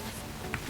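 A plastic ball joint on a peg from a DC Multiverse Death Metal Dark Father build-and-connect action figure is pushed into its socket on the figure body. A short, sharp click sounds at 0.5 s over a steady low background, and the joint seats fully in place.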